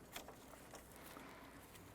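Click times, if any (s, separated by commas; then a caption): none. A plastic wiring harness connector is lined up and pressed toward its engine sensor socket in the engine bay of a 2006-2013 Chevrolet Impala during a water pump replacement. Short handling taps are heard at 0.2 s and 0.3 s over low background noise. Nothing has seated or clicked yet.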